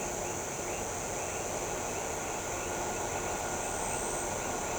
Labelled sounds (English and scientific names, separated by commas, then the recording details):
none
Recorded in shrubland near Pivijay, Magdalena, Colombia, on 15 April 2023 at 18:30
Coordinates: 10.453, -74.365
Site P5-G022